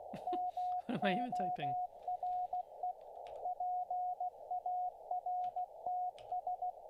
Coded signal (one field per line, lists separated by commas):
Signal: Morse code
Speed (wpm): 16 wpm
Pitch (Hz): 720 Hz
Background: speech, radio noise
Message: MORE PARTS